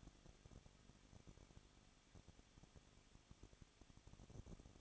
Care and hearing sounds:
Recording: daily activity, microphone in the room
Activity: no activity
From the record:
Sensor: 4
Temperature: 23.1 degrees Celsius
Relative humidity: 34.1%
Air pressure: 1007.2 hPa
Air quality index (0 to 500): 217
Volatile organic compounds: 15 ppm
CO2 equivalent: 2510 ppm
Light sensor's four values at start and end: 2/3/1/1 and 2/3/1/1

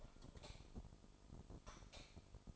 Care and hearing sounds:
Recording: daily activity, microphone in the room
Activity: light off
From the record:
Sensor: 5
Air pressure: 988.5 hPa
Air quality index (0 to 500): 210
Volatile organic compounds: 98 ppm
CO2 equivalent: 3743 ppm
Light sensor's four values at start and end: 47/140/55/59 and 47/140/55/59

